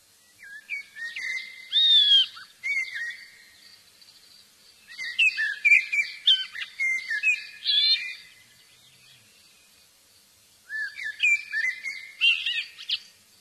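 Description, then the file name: Common blackbird singing three phrases of low mellow fluted notes mixed with higher squeaky twittering, with pauses between phrases. "Merlo"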